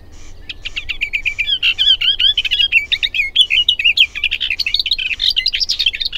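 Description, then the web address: Booted warbler with a lively, jerky stream of chattering, twittering notes, rising and falling and running without pause for the whole stretch. Recorded June 2007. "Hipcal. kesakuu-2007"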